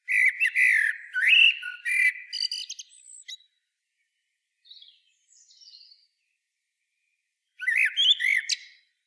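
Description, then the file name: Common blackbird song with a full fluted phrase and shrill twittered ending, a long quiet gap with faint high notes, then another phrase begins. "Turdus merula"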